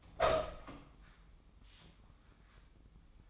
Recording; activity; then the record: daily activity, microphone in the room; open door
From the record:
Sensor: 1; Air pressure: 1004.9 hPa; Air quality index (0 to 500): 76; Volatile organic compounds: 2 ppm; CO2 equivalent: 1013 ppm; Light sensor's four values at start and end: 9/23/9/10 and 10/24/9/10